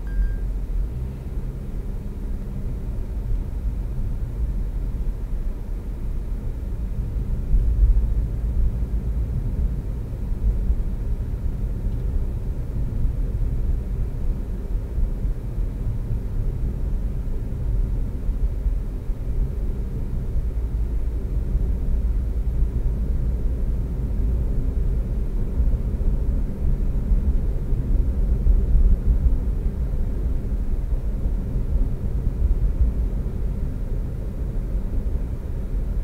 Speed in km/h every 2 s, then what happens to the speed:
26, 27, 27, 32, 39, 39, 40, 39, 39, 40, 45, 47, 52, 52, 50, 50, 52, 53.
0-8 speeds up to 39. 8-17 steady at about 39. 17-24 speeds up to 52. 24-36 steady at about 52.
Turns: none.